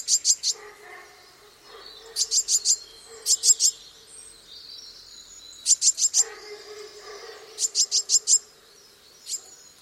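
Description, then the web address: Eurasian blue tit singing several short, rapid trills of very high thin notes, with lower chattering calls between them. "cianscape. Deverinetal"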